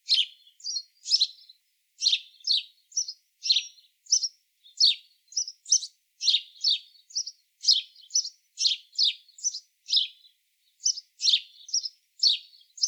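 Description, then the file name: House sparrow giving a run of bright, clipped chirps, often in quick pairs, with uneven gaps, continuing for the whole stretch with nothing else audible. "Passer domesticus"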